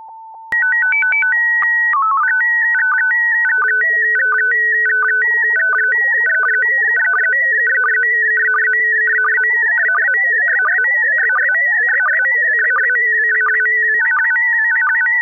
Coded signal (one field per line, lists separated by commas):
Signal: SSTV (slow-scan television)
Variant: PD 90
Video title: Daily Minutes, 6 April 2019. (Including today's Slow Scan Radio!!)